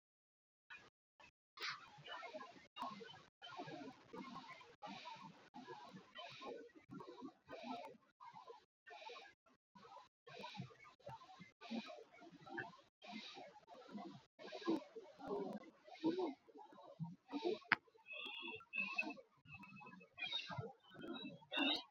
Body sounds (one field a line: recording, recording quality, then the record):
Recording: shallow breathing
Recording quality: excellent, no background noise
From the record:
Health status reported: exposed to COVID-19, no respiratory illness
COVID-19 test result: not tested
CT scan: not taken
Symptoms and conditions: none ticked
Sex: male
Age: 32 years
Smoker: no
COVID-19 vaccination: none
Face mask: not worn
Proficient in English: yes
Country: India